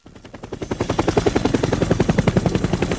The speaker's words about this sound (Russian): А квадратные колеса над головой ведьмы закрутились, как винты вертолета.